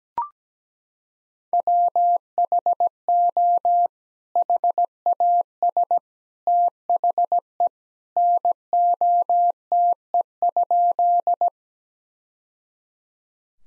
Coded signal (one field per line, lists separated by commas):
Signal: Morse code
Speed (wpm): 17 wpm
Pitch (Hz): 700 Hz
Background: none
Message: WHO HAS THE NOTE?